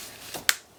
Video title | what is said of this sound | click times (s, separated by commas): Graphic 45 - Farmhouse P4 & P5 | There's something incredibly satisfying when you hear that click. See what I mean? There it is. | 0.5 s